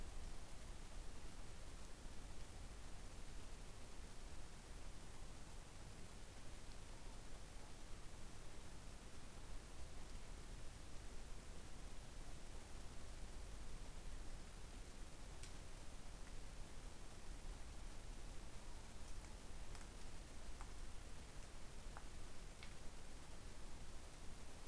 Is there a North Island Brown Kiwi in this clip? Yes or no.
no